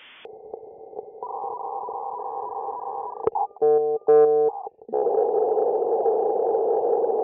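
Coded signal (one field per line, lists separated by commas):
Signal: dial-up modem handshake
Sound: low humming dial tone, two short buzzy tones, then continuous rough hiss, pitched low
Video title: 16 Dial Up Sound Variations in 2 Minutes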